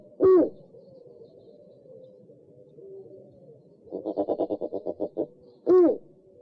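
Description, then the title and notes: Owl hooting: a loud low hoot, then a quick even run of about a dozen low pulsed notes, then another single hoot at the end. From a compilation of 69 call variants of 11 owl species. "Sovy - Eulen - Owls. 69 variant hlasů - 11 druhů sov"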